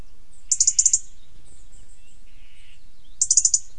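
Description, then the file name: European robin giving two short bursts of rapid, very high ticking notes, separated by a quiet pause with a faint lower chirp. "Erithacus rubecula"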